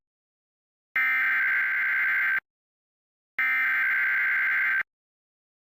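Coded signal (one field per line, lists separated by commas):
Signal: Emergency Alert System (SAME) tones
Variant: header bursts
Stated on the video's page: EAS alert on MeTV Toons cable broadcast, received in Lake Dallas, TX.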